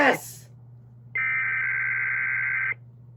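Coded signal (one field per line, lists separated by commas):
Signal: Emergency Alert System (SAME) tones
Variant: header bursts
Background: speech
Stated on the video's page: EAS test on a broadcast station, plus a relay through a SAGE EAS unit.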